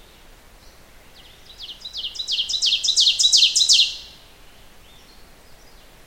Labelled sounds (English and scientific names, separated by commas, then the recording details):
Ovenbird (Seiurus aurocapilla) song
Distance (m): 10 m
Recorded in boreal forest in Alberta, Canada, on 16 June 2016 at 06:13
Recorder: SongMeter 3, array SBT-3-32
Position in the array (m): 115 m, 148 m
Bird 37